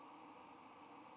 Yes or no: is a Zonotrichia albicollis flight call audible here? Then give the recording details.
no. No flight call is heard. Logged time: 09:34 on 20 November 2014